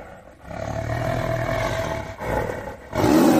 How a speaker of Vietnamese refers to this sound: Mọi người còn đang kinh ngạc, lại có tiếng hổ gầm như sấm. Ở sau lưng đám người quần hùng băng, một con đại hổ rít gào chậm rãi xuất hiện, nhìn chăm chăm bọn hắn, há mồm gầm nhẹ, răng nanh trong vắt, khí thế hùng hãn không khỏi khiếp vía.